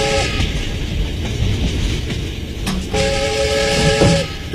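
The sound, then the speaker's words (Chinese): A train running from Shanghai to Shaanxi on June 17 rolls steadily along the rails with a continuous low rumble and rhythmic clatter, and partway through a sustained tonal whine rises above the noise. No one speaks. “6月17日，在上海开往陕西的火车包厢里，坐着衣冠楚楚、风度优雅的香港大老板。”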